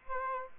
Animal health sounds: mosquito wingbeat signal from an infrared sensor; Aedes aegypti

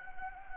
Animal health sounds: mosquito wingbeat signal from an infrared sensor; Anopheles gambiae

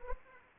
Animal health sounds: mosquito wingbeat signal from an infrared sensor; Anopheles arabiensis

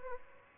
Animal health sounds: mosquito wingbeat signal from an infrared sensor; Aedes aegypti

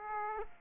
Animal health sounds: mosquito wingbeat signal from an infrared sensor; Aedes aegypti

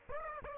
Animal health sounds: mosquito wingbeat signal from an infrared sensor; Aedes aegypti

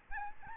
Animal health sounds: mosquito wingbeat signal from an infrared sensor; Aedes albopictus

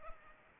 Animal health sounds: mosquito wingbeat signal from an infrared sensor; Culex pipiens

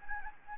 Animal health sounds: mosquito wingbeat signal from an infrared sensor; Anopheles gambiae

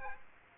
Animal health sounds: mosquito wingbeat signal from an infrared sensor; Aedes aegypti

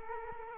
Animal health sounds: mosquito wingbeat signal from an infrared sensor; Culex quinquefasciatus

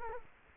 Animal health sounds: mosquito wingbeat signal from an infrared sensor; Culex quinquefasciatus

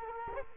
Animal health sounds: mosquito wingbeat signal from an infrared sensor; Culex quinquefasciatus

